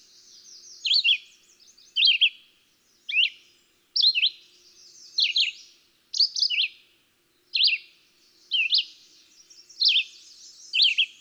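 Red-eyed Vireo singing a steady string of brief, sweet slurred phrases, each about a second apart.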